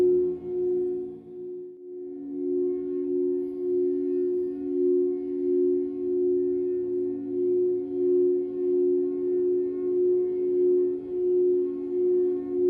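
Crystal bowls sustain a pure, steady ringing tone in the low-middle range, with a few fainter overtones above. The sound swells and ebbs in slow, regular pulses, dipping briefly near the two-second mark before holding on evenly through the rest.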